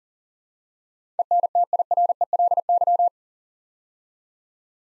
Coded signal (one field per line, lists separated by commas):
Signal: Morse code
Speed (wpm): 42 wpm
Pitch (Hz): 700 Hz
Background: none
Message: ENTIRELY